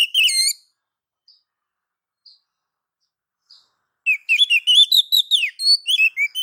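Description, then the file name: Oriental magpie-robin: a short warbled phrase, a few faint soft notes, then a rich run of rapid, varied whistles and chirps. Female calling the male. "Suara Kicau Burung Kacer Betina Memanggil Jantan"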